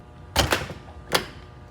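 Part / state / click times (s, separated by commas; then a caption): twist-lock power plug into twist-lock receptacle / seated / 0.5 s, 1.2 s. A three-phase twist-lock power plug is pushed into its twist-lock receptacle and twisted until it locks. Two sharp clicks are heard at 0.5 s and 1.2 s, and the plug is locked in place.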